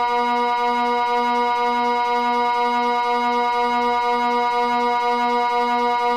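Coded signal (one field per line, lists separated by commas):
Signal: siren signal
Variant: Swiss Water Alert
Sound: a single steady low droning siren tone with rich harmonics, held throughout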